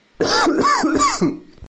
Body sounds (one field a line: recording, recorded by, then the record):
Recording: voluntary cough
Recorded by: messaging app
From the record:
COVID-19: negative